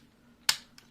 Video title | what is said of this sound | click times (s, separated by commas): Transformers Legacy Commander Class Motormaster Review (13+) | like so until you click | 0.5 s